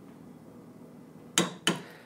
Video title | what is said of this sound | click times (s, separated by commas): A Beginners Guide To Building An AR-10: Part 5 - Barrel, Gas Block, Muzzle | you'll hear it click like that | 1.4 s, 1.7 s